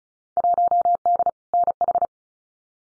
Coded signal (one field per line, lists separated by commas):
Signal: Morse code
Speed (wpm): 36 wpm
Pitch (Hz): 700 Hz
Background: none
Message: 1D NH